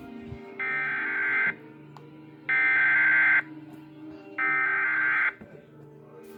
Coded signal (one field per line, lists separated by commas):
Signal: Emergency Alert System (SAME) tones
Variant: header bursts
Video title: WELCOME BACK TO NC! EAS Alerts from 7/31/20 (EAS #4,792 - 4,831)